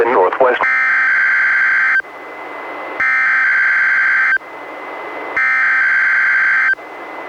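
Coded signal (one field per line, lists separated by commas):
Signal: Emergency Alert System (SAME) tones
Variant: header bursts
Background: speech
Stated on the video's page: Required Weekly Tests relayed by a NOAA Weather Radio station, recorded from a Reecom R-1630 weather radio through a Zoom H1 audio recorder.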